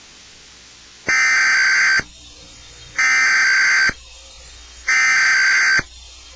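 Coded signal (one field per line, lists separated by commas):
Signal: Emergency Alert System (SAME) tones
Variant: header bursts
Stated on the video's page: Required monthly statewide Emergency Alert System test aired on a TV station; the audio was captured poorly by feeding the TV into a computer's mic input.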